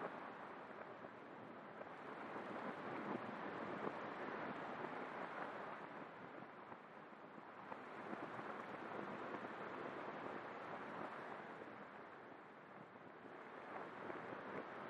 Atmospheric chords underneath the peaceful sound of rain